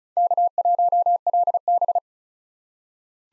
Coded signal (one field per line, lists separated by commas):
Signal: Morse code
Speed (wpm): 34 wpm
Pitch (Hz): 700 Hz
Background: none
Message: K1LB